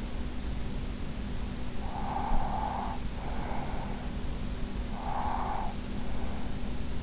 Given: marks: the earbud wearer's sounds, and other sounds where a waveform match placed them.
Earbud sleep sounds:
sounds in sleep by an in-ear microphone; breath
1.72-4.28 s: breath
4.57-6.70 s: breath

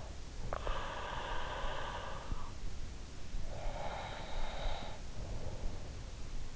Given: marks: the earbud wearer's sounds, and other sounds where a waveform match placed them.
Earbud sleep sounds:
sounds in sleep by an in-ear microphone; breath
0.00-2.97 s: breath
3.37-6.06 s: breath

